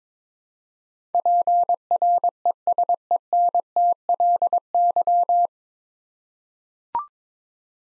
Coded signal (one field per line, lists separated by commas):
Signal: Morse code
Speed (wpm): 22 wpm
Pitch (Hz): 700 Hz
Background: none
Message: PRESENTLY